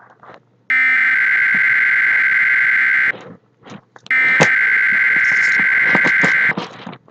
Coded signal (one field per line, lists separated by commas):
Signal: Emergency Alert System (SAME) tones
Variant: header bursts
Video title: EAS alerts for your radio [SEASON 1 EPISOIDE 1 PREMIERE!!]